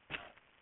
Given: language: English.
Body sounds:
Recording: throat vibration sensor signal played as sound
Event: cough

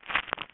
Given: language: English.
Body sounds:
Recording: throat vibration sensor signal played as sound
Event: swallow

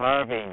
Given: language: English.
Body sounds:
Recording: throat vibration sensor signal played as sound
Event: speech

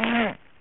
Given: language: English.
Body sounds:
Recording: throat vibration sensor signal played as sound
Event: throat clearing

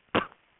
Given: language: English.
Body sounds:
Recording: throat vibration sensor signal played as sound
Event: cough

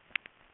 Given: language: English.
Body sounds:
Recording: throat vibration sensor signal played as sound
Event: swallow

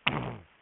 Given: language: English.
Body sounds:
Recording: throat vibration sensor signal played as sound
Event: throat clearing

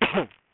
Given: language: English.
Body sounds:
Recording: throat vibration sensor signal played as sound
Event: cough

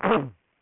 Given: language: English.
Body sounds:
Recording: throat vibration sensor signal played as sound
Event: throat clearing

